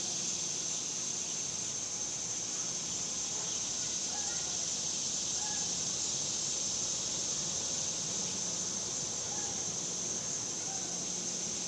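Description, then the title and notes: Cicadas keep up a steady high buzzing chorus while scattered short chirps sound faintly through it. Cicadas outdoors in summer in the suburbs. "Ext Summer Cicadas, Suburbs"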